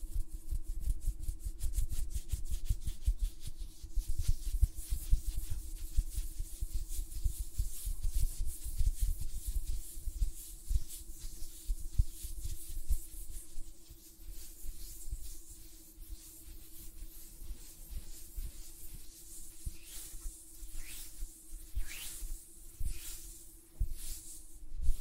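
Quick, light tapping on nails runs through the first half, dense and fast like finger fluttering, with soft thumps underneath. A steady low hum sits beneath everything. After about twenty seconds the tapping thins into brushing, rubbing hand sounds with airy swishes.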